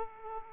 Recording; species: mosquito wingbeat signal from an infrared sensor; Aedes aegypti